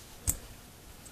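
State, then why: Not seated. A rifle extractor for a 10/22 is pushed back with an index finger into its slot in the steel bolt against the plunger spring, trying to snap it into the circular hole. A single short, sharp handling click at 0.3 s stands out against an otherwise quiet background. The extractor has not seated or snapped into place yet.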